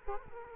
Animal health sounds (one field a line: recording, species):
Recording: mosquito wingbeat signal from an infrared sensor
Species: Culex quinquefasciatus